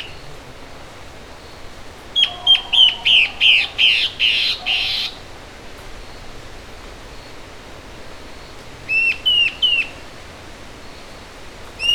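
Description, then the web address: Bird calls: a quick run of about eight harsh, buzzy notes, a long pause, then a trio of clear, slightly falling notes, with another note at the very end. "BIRD SABIOD bird"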